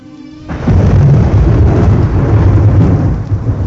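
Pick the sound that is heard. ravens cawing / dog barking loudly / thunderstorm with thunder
thunderstorm with thunder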